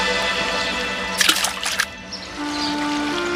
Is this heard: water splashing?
yes